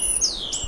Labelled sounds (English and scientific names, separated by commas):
Stitchbird (Notiomystis cincta) song